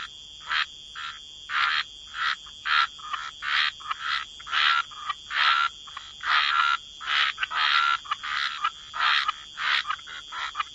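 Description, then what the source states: Frogs croaking in short raspy bursts separated by brief gaps, over a continuous high-pitched hum. Frog chorus.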